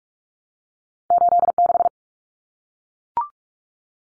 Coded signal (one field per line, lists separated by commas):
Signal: Morse code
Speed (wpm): 44 wpm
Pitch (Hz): 700 Hz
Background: none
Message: 86